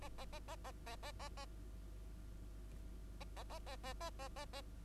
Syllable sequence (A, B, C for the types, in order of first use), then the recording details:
A A A A A A A A A A A A A A A A A A. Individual Bird2